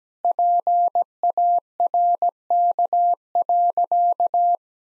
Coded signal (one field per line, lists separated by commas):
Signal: Morse code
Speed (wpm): 17 wpm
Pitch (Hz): 700 Hz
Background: none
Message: PARK.